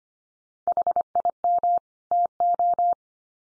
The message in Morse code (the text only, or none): HIM TO